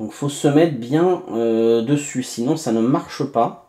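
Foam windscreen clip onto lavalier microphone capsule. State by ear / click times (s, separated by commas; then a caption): not seated / none. A foam windscreen's clip is lined up with the keyed guide on a Neewer CM28 lavalier microphone capsule, ready to be twisted a quarter turn to lock on. Someone talks throughout the clip, and no handling sound stands out over the voice. Nothing has seated or clicked yet.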